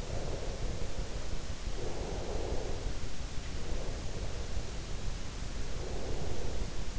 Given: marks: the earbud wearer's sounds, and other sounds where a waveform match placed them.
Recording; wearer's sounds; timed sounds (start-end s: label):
sounds in sleep by an in-ear microphone; breath
0.03-3.22 s: breath
3.51-6.99 s: breath